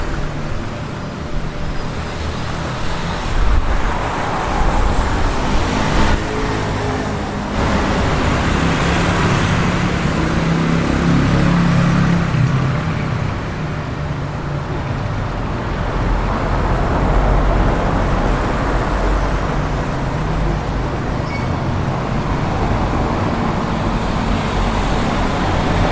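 Busy street with steady, dense traffic rumble, a vehicle passing low around ten seconds, and faint city noise throughout.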